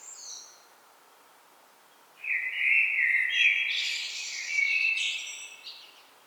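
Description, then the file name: Common blackbird song, a brief high note, then after a pause a rich fluty warble that breaks into a scratchy, high twittering flourish. "Turdus merula"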